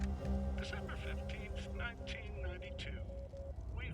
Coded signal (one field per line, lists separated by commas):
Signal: Morse code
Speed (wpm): 20 wpm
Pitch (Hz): 550 Hz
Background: speech, music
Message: PAST,